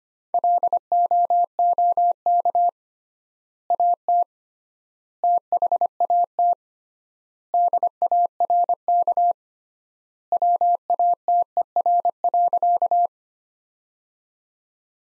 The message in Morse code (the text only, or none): LOOK AT THAT DARK WATER.